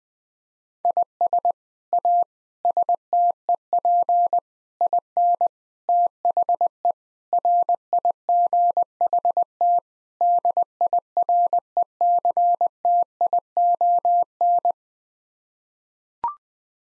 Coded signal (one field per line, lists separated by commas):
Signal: Morse code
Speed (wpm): 21 wpm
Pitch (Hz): 700 Hz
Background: none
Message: IS A STEP IN THE RIGHT DIRECTION